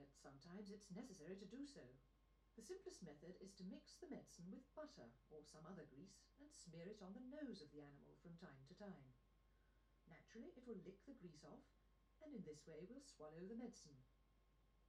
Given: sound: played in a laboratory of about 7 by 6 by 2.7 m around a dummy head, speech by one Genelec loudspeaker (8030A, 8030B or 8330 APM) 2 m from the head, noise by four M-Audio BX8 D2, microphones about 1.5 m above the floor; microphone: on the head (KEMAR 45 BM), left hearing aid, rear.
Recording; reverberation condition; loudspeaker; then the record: female speech in English; low; 90 degrees to the right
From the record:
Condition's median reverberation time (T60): about 310 ms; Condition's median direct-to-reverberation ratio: about 3.5 dB